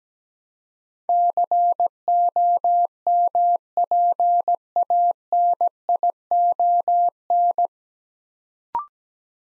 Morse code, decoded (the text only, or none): COMPANION